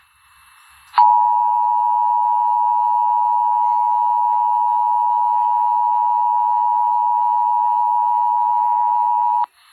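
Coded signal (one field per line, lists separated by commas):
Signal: Emergency Alert System (SAME) tones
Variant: 853 and 960 Hz attention tone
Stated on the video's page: Statewide Required Monthly Tests taken from TV stations during a snowstorm; imperfect sound quality with some background noise.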